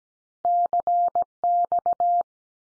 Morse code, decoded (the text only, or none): CX